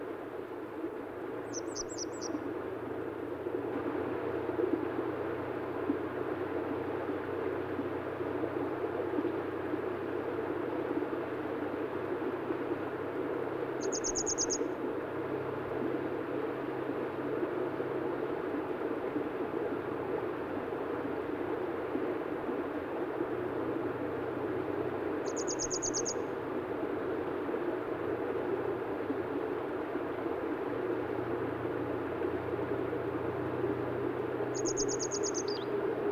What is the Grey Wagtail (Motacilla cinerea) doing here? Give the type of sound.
song